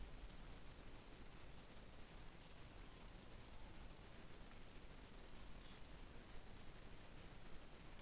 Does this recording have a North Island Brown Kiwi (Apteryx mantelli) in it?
no